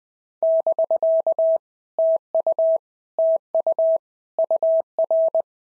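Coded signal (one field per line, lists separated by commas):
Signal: Morse code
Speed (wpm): 19 wpm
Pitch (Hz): 650 Hz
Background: none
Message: <BK> TU TU UR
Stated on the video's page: Simulated POTA exchanges sent in Morse at 20 wpm as practice.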